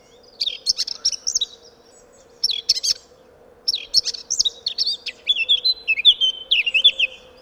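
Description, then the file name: Eurasian blackcap song: chattering scratchy phrases that end in a run of clear, fluty, slightly falling whistles, over a steady low hum. "Sylvia atricapilla"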